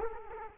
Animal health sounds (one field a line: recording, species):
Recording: mosquito wingbeat signal from an infrared sensor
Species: Culex quinquefasciatus